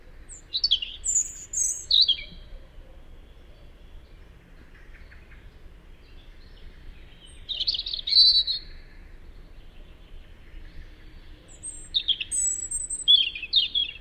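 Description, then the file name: European robin song: a series of short, high, tinkling, warbled phrases with varied pitch, given in bursts separated by pauses of several seconds, over a quiet background. "Erithacus rubecula"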